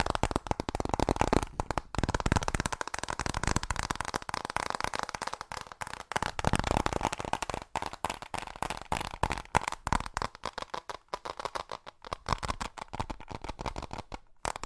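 Fast tapping in rapid, dense bursts of sharp clicks runs throughout, loudest in the middle, thinning slightly with brief pauses near the end.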